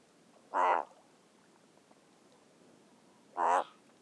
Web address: sound Razorbill